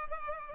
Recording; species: mosquito wingbeat signal from an infrared sensor; Culex pipiens